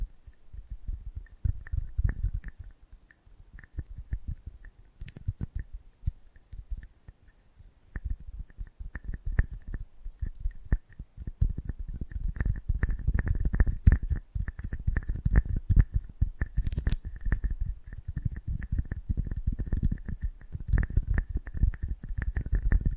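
Close up mic treatment: a dense run of small clicks, snips and scratchy handling noises, rapid and irregular, with heavy low thumps under them throughout. A faint steady high whine and a thin tone sit in the background, and the activity thins briefly around seven to eight seconds.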